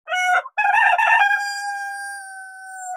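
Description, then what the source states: Rooster crowing, a short harsh note, a brief gap, then a loud rough burst settling into a long steady drawn-out tone held for nearly two seconds. Squawking.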